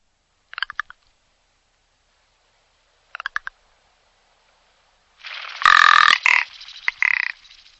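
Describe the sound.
Bird giving harsh calls: two brief rasping stutters early on, then after five seconds loud, grating, harmonic calls in a dense cluster that fades near the end.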